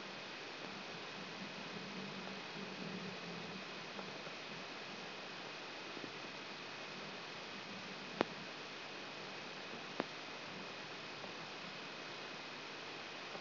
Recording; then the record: brain microelectrode recording played as sound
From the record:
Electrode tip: outside the subthalamic nucleus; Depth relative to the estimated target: -6 mm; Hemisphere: right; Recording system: AlphaMap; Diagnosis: Parkinson's disease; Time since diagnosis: 11 years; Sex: male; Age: 66 years